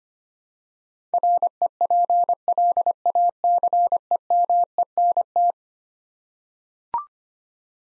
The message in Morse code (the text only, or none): REPLACEMENT